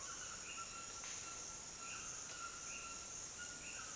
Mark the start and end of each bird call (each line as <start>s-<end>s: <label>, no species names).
0.00s-3.95s: bird call